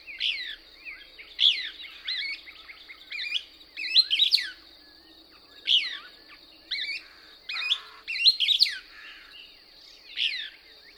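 Couch's Kingbird twittering in frequent quick bursts of high slurred notes tumbling downward, over a steady high whine.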